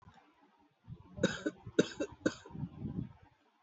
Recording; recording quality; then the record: shallow voluntary cough; moderate, slight background noise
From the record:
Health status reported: healthy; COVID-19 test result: not tested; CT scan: not taken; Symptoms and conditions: none ticked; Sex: male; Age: 32 years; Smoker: no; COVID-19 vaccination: one dose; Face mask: not worn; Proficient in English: yes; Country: India